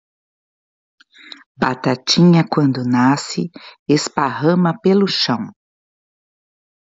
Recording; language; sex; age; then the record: short text; Brazilian Portuguese; female; 60 to 69 years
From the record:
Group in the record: control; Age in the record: 61 years